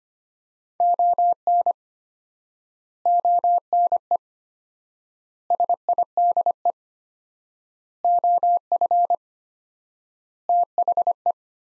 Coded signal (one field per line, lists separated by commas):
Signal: Morse code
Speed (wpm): 25 wpm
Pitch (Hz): 700 Hz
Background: none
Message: ON ONE SIDE OF THE